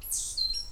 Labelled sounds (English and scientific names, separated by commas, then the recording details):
Stitchbird (Notiomystis cincta) song
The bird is a male
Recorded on Tiritiri Matangi Island, New Zealand, in 2005
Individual 8, of nest box 10